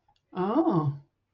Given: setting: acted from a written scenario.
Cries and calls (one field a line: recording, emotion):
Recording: vocal sound without words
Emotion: interest